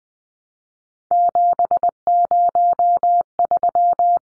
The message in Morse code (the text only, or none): 703